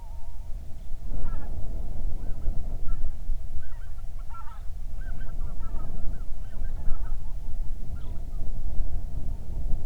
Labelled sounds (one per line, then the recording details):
waterfowl
wind
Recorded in the Prudhoe Bay oil fields, Alaska, on 31 July 2019 at 07:40
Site 24